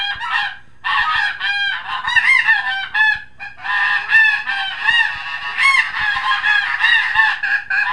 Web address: Goose -Snow